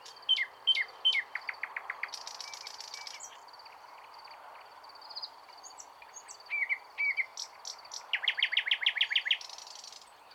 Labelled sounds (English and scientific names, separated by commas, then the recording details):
Thrush Nightingale (Luscinia luscinia) song
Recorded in the wild
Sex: male
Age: adult
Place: Wizna, Lomzynski Park Krajobrazowy Doliny Narwi, Podlaskie Voivodeship, PL
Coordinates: 53.1985, 22.411
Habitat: deciduous forest edge
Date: 2016-05-25 20:35
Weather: light cloud, no wind
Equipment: Marantz PMD660 recorder, Sennheiser ME67 directional microphone
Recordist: Souriau, Abel